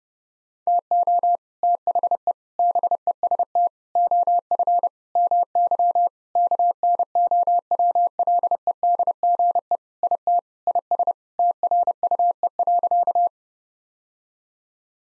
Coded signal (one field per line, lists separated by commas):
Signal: Morse code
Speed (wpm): 32 wpm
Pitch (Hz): 700 Hz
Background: none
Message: TO THE BEST OF MY KNOWLEDGE IT IS TRUE.